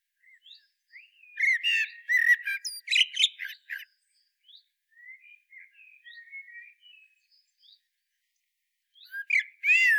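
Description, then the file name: Common blackbird singing a loud burst of warbled notes and harsh high twitters, then softer scattered notes, ending with another strong warbling phrase. "Turdus merula"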